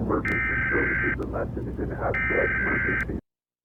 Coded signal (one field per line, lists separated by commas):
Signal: Emergency Alert System (SAME) tones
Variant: header bursts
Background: speech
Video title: EAS scenario - Something's wrong at CERN